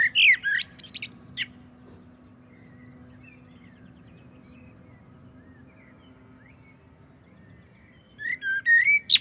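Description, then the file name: Common blackbird gives a short warbled phrase with high squeaky notes, falls quiet for several seconds, then sings another fluty phrase. "Turdus merula"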